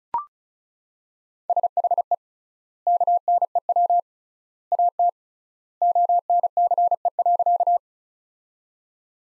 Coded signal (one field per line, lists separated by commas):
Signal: Morse code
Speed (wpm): 36 wpm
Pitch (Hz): 700 Hz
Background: none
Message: SHE KNEW AT ONCE.